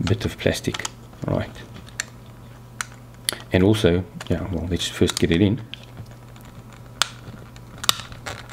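The plastic rotary selector knob of a Fluke 77 multimeter is handled against the multimeter's front case, to be pressed back on past the small plastic limiter, while someone talks. Short sharp plastic taps and knocks sound between the speech at about 2.0, 2.8, 3.3, 7.0 and 7.9 seconds. The knob has not snapped into place yet; nothing has seated or clicked by the end of the clip.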